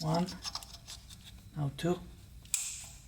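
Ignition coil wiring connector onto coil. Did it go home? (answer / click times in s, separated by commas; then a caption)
yes / 2.5 s. Someone talks while a second ignition coil wiring connector is pushed onto its coil on a Toyota Tacoma 4-cylinder 2TR-FE engine during a spark plug change. A sharp click at 2.5 s shows the connector seating, its tabs unbroken and still clicking as they engage.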